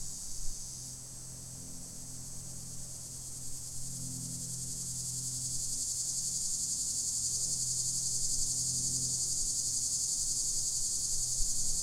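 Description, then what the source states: Linne's cicada singing with a dog-day cicada, a continuous high buzzing drone that gradually grows louder, over a faint low hum. Linne's cicada recorded together with dog-day cicada.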